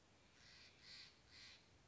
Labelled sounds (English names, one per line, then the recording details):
Steller's Jay
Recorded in Sonoma County, California